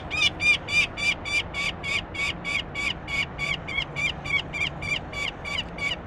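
Kingfisher giving a fast, harsh, buzzy call, three or four notes per second in an even, unbroken series lasting the whole stretch, over a low background hum.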